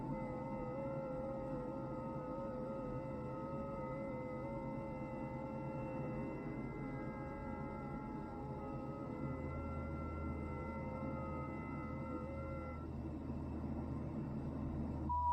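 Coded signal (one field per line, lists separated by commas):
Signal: FT8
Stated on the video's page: FT8 signals heard on shortwave.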